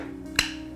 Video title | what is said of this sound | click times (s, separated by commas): How To Replace the Bungee System in the Slingshot Sentry Control Bar | kind of move it around until it snaps in there we go | 0.4 s